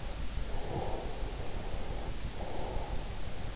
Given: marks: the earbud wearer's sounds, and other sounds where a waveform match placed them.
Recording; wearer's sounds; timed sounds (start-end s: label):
sounds in sleep by an in-ear microphone; breath
0.49-3.40 s: breath